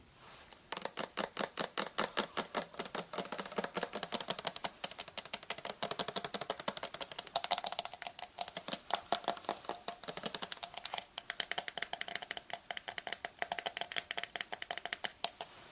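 Layered tapping and hair brushing: quick, sharp taps repeat in a dense, fairly even rhythm for nearly the whole time, several per second, with a soft brushing hiss underneath. Around the eleventh second the taps briefly thin out, then resume with similar crisp, bright strokes.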